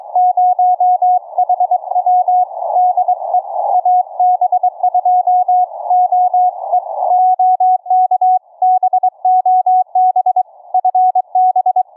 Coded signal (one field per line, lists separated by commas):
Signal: Morse code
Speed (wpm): 22 wpm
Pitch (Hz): 730 Hz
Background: none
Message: 0HW DE AB2OE OK BOB FB